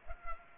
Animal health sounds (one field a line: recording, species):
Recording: mosquito wingbeat signal from an infrared sensor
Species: Culex pipiens